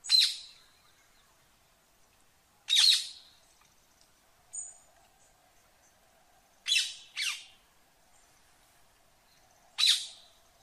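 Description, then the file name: Rose-ringed parakeet giving scattered single and paired shrill screeches every few seconds, with quiet gaps between. "Canto do periquito indiano"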